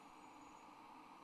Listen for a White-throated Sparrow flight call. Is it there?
no